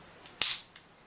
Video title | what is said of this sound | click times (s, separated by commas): GoPro Hero 3+ Black Edition Unboxing and Overview | snapping it down | 0.4 s